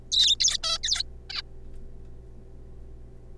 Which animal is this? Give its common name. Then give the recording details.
Zebra Finch. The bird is a juvenile. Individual R3549